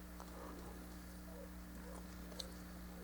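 A plastic part of a High Grade Raider Gundam model kit from Mobile Suit Gundam Seed is handled and pressed toward its mating peg on the upper body assembly over a steady low hum. Only faint plastic handling taps are heard, with a small tick around 2.4 s. Nothing has seated or clicked yet.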